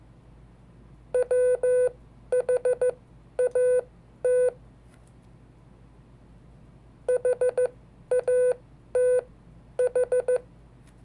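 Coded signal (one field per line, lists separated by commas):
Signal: Morse code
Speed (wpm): 14 wpm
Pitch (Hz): 500 Hz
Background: none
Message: WHAT HATH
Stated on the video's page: Hand-sent Morse of historical dates, with sending mistakes left in.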